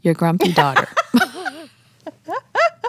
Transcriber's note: laughter